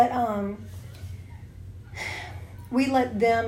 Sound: sigh